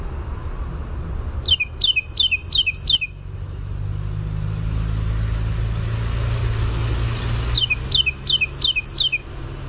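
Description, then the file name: Carolina wren giving two loud songs of five quick repeated rolling phrases each, about six seconds apart, with a steady high whine and low rumble. "CARW song"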